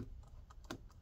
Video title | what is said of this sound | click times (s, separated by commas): Dell Latitude 7400 2-in-1 Disassembly SSD Hard Drive Upgrade Battery Replacement Repair Quick Look | and then I twist it backwards to hear it click into place and there we go all right | 0.7 s